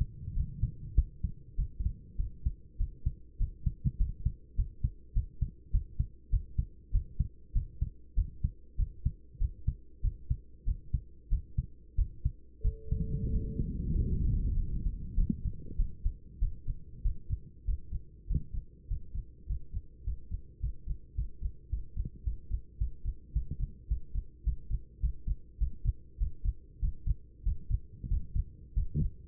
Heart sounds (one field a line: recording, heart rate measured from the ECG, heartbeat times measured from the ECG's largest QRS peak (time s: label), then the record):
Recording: heart sounds by stethoscope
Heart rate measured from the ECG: 99 bpm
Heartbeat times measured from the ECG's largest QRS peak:
0.34 s: heartbeat
0.95 s: heartbeat
1.56 s: heartbeat
2.17 s: heartbeat
2.78 s: heartbeat
3.38 s: heartbeat
3.97 s: heartbeat
4.56 s: heartbeat
5.13 s: heartbeat
5.71 s: heartbeat
6.30 s: heartbeat
6.92 s: heartbeat
7.53 s: heartbeat
8.15 s: heartbeat
8.77 s: heartbeat
9.39 s: heartbeat
10.02 s: heartbeat
10.65 s: heartbeat
11.29 s: heartbeat
11.96 s: heartbeat
12.62 s: heartbeat
13.31 s: heartbeat
13.93 s: heartbeat
14.54 s: heartbeat
15.15 s: heartbeat
15.76 s: heartbeat
16.39 s: heartbeat
17.02 s: heartbeat
17.64 s: heartbeat
18.26 s: heartbeat
18.87 s: heartbeat
19.46 s: heartbeat
20.03 s: heartbeat
20.59 s: heartbeat
21.14 s: heartbeat
21.68 s: heartbeat
22.23 s: heartbeat
22.77 s: heartbeat
23.32 s: heartbeat
23.87 s: heartbeat
24.43 s: heartbeat
24.99 s: heartbeat
25.57 s: heartbeat
26.17 s: heartbeat
26.79 s: heartbeat
27.43 s: heartbeat
28.08 s: heartbeat
28.73 s: heartbeat
From the record:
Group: healthy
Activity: rest 0-15 s, Valsalva maneuver 15-29 s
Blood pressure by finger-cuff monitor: 116/59 mmHg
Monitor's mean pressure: 76 mmHg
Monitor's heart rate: 98 bpm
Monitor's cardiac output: 10.2 L/min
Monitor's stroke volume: 104 mL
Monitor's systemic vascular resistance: 510 dyn s/cm5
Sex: male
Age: 24 years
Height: 184 cm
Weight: 89 kg